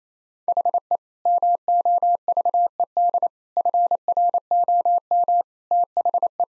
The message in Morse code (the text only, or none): HE MOVED FROM THE